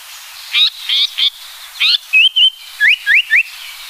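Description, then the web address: Japanese paradise flycatcher singing: a few rough chattering notes, then a level whistle and three rapid upward-sweeping whistled notes. "sikioto. sankoucho"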